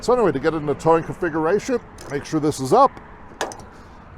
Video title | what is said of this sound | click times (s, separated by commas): PBBT TOW SETUP | this is locked into place and now we're just gonna back our truck into the pbbt machine | 3.4 s